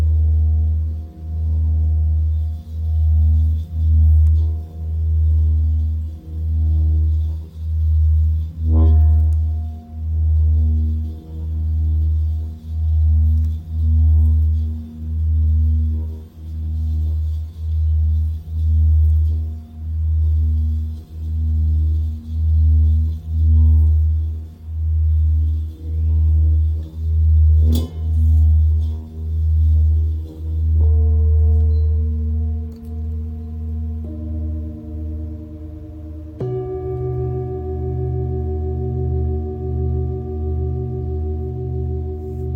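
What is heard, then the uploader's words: A Tibetan singing bowl hums in a low, pulsing drone, with bright struck rings near 9, 28 and 31 seconds, then a second, higher tone joining. Tibetan Singiing Bowl.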